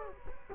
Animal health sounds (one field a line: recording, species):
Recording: mosquito wingbeat signal from an infrared sensor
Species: Culex quinquefasciatus